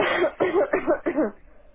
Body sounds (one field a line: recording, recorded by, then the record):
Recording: voluntary cough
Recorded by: telephone call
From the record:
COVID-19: positive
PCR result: checked with the laboratory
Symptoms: no